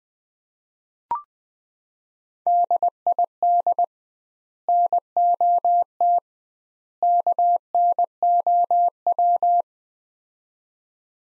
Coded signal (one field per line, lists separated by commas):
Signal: Morse code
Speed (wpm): 20 wpm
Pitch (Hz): 700 Hz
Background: none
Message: DID NOT KNOW